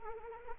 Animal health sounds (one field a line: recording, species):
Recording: mosquito wingbeat signal from an infrared sensor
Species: Anopheles arabiensis